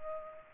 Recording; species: mosquito wingbeat signal from an infrared sensor; Culex pipiens